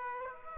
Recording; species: mosquito wingbeat signal from an infrared sensor; Aedes aegypti